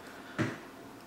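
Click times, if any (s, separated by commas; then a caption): 0.4 s. A small T6 Torx screw is being loosened from the handle of a new-generation Cara Cara 2 lockback folding knife so the handle can be opened to look inside for the cause of its blade play. Against a quiet background, a single short snap sounds at 0.4 s as the screw head strips.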